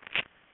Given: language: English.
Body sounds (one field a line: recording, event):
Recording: throat vibration sensor signal played as sound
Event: swallow